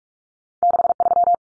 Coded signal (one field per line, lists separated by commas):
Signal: Morse code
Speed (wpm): 44 wpm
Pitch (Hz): 700 Hz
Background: none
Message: 63